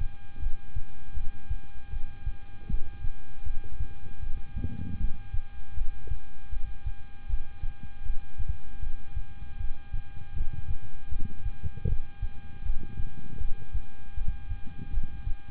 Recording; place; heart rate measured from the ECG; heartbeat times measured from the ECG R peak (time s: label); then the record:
heart sounds by stethoscope; between the tricuspid and mitral areas; 79 bpm
0.39 s: heartbeat
1.14 s: heartbeat
1.90 s: heartbeat
2.67 s: heartbeat
3.43 s: heartbeat
4.20 s: heartbeat
4.97 s: heartbeat
5.74 s: heartbeat
6.50 s: heartbeat
7.27 s: heartbeat
8.03 s: heartbeat
8.80 s: heartbeat
9.57 s: heartbeat
10.34 s: heartbeat
11.09 s: heartbeat
11.86 s: heartbeat
12.63 s: heartbeat
13.38 s: heartbeat
14.14 s: heartbeat
14.90 s: heartbeat
From the record:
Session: rest, lying down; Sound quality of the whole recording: good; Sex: male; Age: 26 years